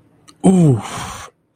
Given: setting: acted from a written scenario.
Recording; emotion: vocal sound without words; pain